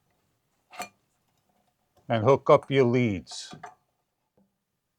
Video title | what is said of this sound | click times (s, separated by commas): JINIU Ceiling Fans with Lights, 52inch Downrod Ceiling fan with Remote Control, 5 Blades, Reversible | and locks into place | 0.8 s